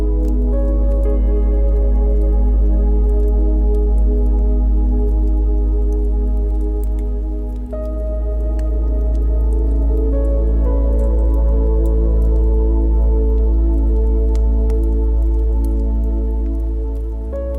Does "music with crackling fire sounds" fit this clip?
yes